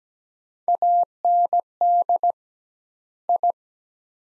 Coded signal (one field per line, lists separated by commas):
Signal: Morse code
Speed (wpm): 17 wpm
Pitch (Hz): 700 Hz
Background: none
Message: AND I